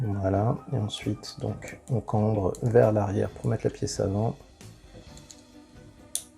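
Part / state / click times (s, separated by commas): armor piece onto action figure leg / seated / 6.2 s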